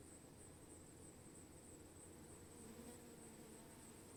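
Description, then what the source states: Bee swarm drone, a low unbroken buzzing mass of many wings, slightly louder toward the end, under a steady faint high-pitched hiss. Bees recorded while swarming.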